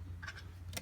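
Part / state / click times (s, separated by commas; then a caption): plastic center cap into riding mower steering wheel hub / not seated / none. A plastic center cap is handled at the steering wheel hub of a Poulan Pro Briggs and Stratton 15.5 hp Automatic Drive 42" riding mower. Faint light ticks come around 0.2–0.4 s and a brief sharper tick at 0.8 s, over a steady low hum. Nothing has seated or clicked into place yet.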